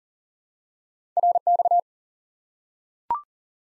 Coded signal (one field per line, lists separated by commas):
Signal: Morse code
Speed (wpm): 40 wpm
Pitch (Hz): 700 Hz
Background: none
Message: RX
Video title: Course 3 - Lesson 52 - QRQ - Single Element